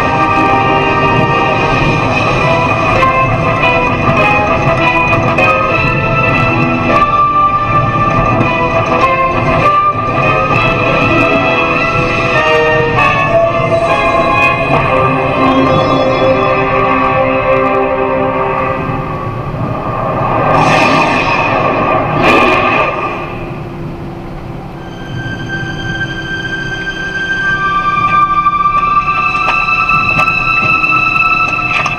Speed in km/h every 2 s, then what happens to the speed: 111, 111, 111, 111, 107, 102, 98, 93, 90, 87, 85, 82, 80, 78, 76, 74.
0-6 steady at about 111. 6-32 slows to 74.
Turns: none.